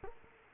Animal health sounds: mosquito wingbeat signal from an infrared sensor; Culex quinquefasciatus

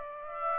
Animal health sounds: mosquito wingbeat signal from an infrared sensor; Aedes aegypti

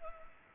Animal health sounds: mosquito wingbeat signal from an infrared sensor; Culex pipiens

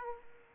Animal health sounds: mosquito wingbeat signal from an infrared sensor; Aedes aegypti

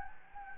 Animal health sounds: mosquito wingbeat signal from an infrared sensor; Anopheles gambiae

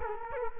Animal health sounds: mosquito wingbeat signal from an infrared sensor; Culex quinquefasciatus

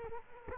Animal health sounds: mosquito wingbeat signal from an infrared sensor; Culex quinquefasciatus

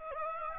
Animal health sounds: mosquito wingbeat signal from an infrared sensor; Aedes aegypti

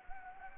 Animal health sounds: mosquito wingbeat signal from an infrared sensor; Anopheles gambiae

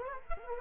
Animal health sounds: mosquito wingbeat signal from an infrared sensor; Culex quinquefasciatus

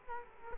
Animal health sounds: mosquito wingbeat signal from an infrared sensor; Culex quinquefasciatus

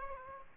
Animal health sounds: mosquito wingbeat signal from an infrared sensor; Aedes aegypti

